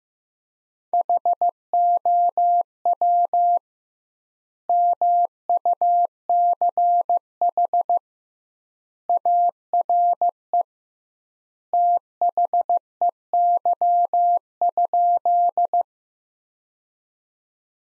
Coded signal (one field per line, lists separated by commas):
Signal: Morse code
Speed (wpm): 15 wpm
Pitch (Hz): 700 Hz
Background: none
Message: HOW MUCH ARE THEY?